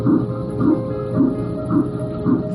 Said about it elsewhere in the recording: This is a sound of not just one, not just two, but three heartbeats. This mother of triplets. The heartbeat of a preborn baby can be heard as early as 5 weeks on ultrasound. I was having three baby boys.